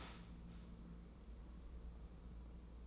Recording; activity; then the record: daily activity, microphone in the room; start toaster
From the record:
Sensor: 1